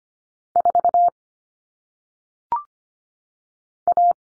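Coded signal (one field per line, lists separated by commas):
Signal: Morse code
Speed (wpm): 25 wpm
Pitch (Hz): 700 Hz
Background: none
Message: 4 A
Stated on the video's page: Morse cut numbers for single digits at 25 wpm, T, A, N substituting for 0, 1, 9; head-copy drill with each number sent, spoken, then sent again.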